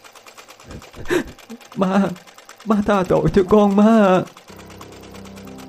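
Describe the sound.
A woman's tearful, pleading voice speaks, then gives way to the steady, low putt-putting drone of a long-tail boat engine, started by a boatman pulling its cord at a river landing at night, running evenly to the end.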